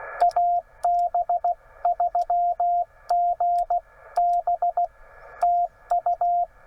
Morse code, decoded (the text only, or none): AB3G B TU